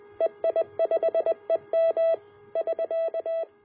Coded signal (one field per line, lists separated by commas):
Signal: Morse code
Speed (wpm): 20 wpm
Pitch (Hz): 660 Hz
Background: none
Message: EI5EM <SK>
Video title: A Homebrew Active CW Filter